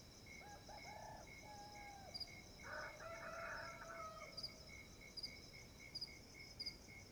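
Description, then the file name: Chicken: rooster crowing, a harsh drawn-out cock-a-doodle in the middle, softer crows earlier, over continuous cricket chirping and high pulsed insect notes. Several roosters crowing with crickets, ambience of a sugar mill at dawn. "Ambiencia engenho ao amanhecer galos cantando e grilos"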